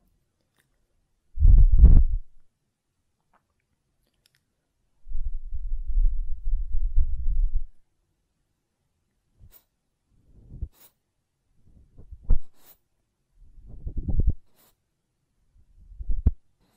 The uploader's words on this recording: ASMR Ear Cleaning and Blowing (No Talking).